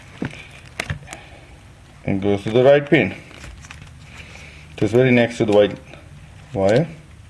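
A wire terminal on the turn signal switch harness of a Toyota Corolla AE91/92, Sprinter, Corona, Carina or Hilux pickup is handled at the plastic connector housing, lined up for its pin slot next to the white wire. There are a few short, sharp handling ticks around 0.3 to 1.1 seconds and faint ones near 3.4 to 3.7 seconds while someone talks. Nothing has seated or clicked yet.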